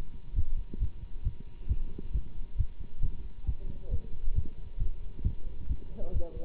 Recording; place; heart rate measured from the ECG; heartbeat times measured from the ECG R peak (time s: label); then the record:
heart sounds by stethoscope; between the tricuspid and mitral areas; 135 bpm
0.35 s: heartbeat
0.79 s: heartbeat
1.24 s: heartbeat
1.68 s: heartbeat
2.12 s: heartbeat
2.57 s: heartbeat
3.02 s: heartbeat
3.46 s: heartbeat
3.90 s: heartbeat
4.35 s: heartbeat
4.79 s: heartbeat
5.24 s: heartbeat
5.68 s: heartbeat
6.13 s: heartbeat
From the record:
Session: Bruce protocol treadmill stress test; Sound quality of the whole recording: good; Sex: male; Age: 24 years